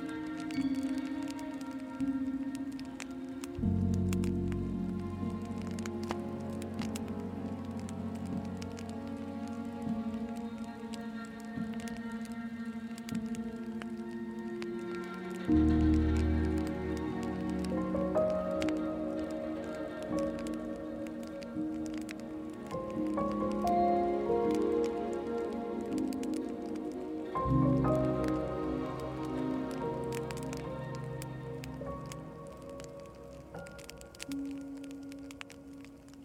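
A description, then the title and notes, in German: A crackling campfire pops and ticks steadily beneath soft, sustained music. Slow, warm chords hold for long stretches and shift to new ones around 4, 15 and 27 seconds, with a low bass swelling at each change, while the fine crackle continues throughout. In dieser Episode können Sie in eine warme und beruhigende Atmosphäre eintauchen, dank des beruhigenden Klangs eines knisternden Lagerfeuers und sanfter Musik.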